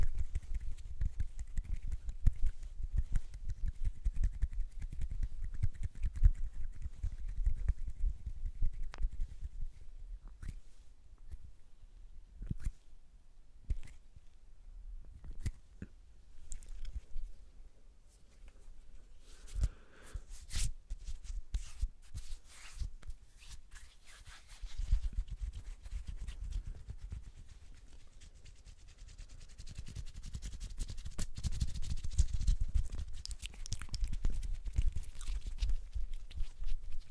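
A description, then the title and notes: Hands moving and rubbing, with sharp clicks and taps scattered irregularly throughout. The first ten seconds and the stretch around thirty to thirty-five seconds carry a denser, low rumbling rub, while the middle is sparser with isolated snaps. ASMR The BEST Hand Sounds.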